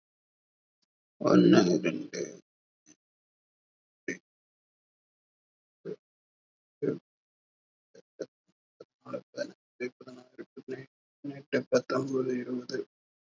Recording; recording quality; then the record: counting at a normal pace; poor, much background noise or distortion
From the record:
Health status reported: COVID-19 positive, mild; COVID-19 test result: positive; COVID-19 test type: RT-PCR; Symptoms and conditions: cough, cold, sore throat, muscle pain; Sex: male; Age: 30 years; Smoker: no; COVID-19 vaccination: both doses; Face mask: worn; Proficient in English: yes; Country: India